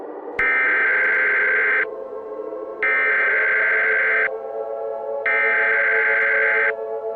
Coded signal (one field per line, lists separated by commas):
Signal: Emergency Alert System (SAME) tones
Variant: header bursts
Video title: EAS Scenario: Radioactive Independence (A 4th of July Special)